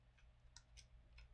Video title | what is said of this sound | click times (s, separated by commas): Live Reviewing Products I Missed, Q&A, and Giveaway | on both parts, you know, to stick it in. But then it locks in place, and we'll just plug this into | 0.6 s